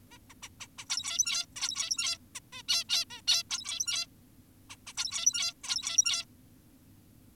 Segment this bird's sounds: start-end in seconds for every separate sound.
0.12-0.18, 0.30-0.34, 0.43-0.49, 0.60-0.68, 0.78-0.85, 0.90-1.46, 1.56-2.18, 2.35-2.40, 2.53-2.62, 2.69-2.84, 2.89-3.05, 3.10-3.22, 3.28-3.43, 3.50-4.07, 4.70-4.76, 4.87-4.93, 4.98-5.54, 5.64-6.25